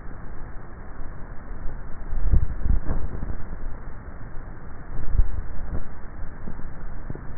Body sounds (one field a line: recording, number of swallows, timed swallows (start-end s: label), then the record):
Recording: swallowing sounds by neck microphone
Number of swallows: 2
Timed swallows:
2.17-2.97 s: swallow
5.07-5.80 s: swallow
From the record:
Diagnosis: dysphagia